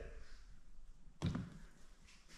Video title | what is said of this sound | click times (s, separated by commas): 2019 VW Golf R wiper blade change | Then simply take your new blade, slide it in till it clicks, and that's it. | 1.2 s